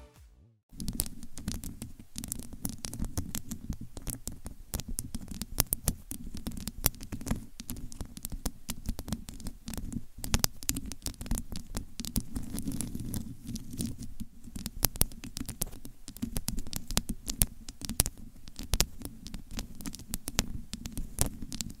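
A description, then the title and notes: Long fingernails scratch and tap on a microphone in a dense, continuous patter of quick clicks and scrapes, starting after a brief silence. A low, rumbling thud runs underneath throughout, with sharp bright taps scattered irregularly across the whole 22 seconds. ASMR Mic Scratching & Tapping with Long Nails BRAIN MELTING! (No Talking).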